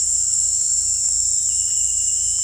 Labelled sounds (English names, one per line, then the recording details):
none
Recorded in dense forest near Puerto Asís, Putumayo, Colombia, on 18 December 2024 at 18:00
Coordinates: 0.486, -76.317
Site G003